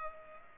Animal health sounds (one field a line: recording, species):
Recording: mosquito wingbeat signal from an infrared sensor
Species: Culex pipiens